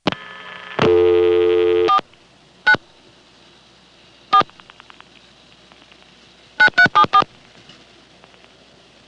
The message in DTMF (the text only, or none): 49 4 9374